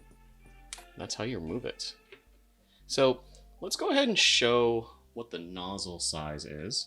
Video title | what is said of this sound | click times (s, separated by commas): FatFreq x Effect Audio Quantum Review: Bassy Precision! | If you want to go all the way in, boom, push until it clicks. | 0.7 s